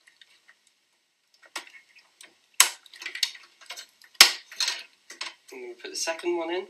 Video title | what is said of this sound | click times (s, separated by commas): CIS Basic Instructor PC Construction Project | push down hard for it just to click into place and | 2.6 s, 4.2 s